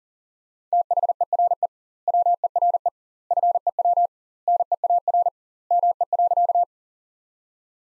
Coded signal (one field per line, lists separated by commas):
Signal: Morse code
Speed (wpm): 39 wpm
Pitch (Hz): 700 Hz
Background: none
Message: THERE WERE FEW NEAR ME.